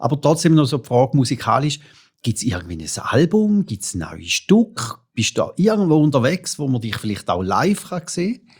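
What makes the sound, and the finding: Adult male speaker. Normal speech.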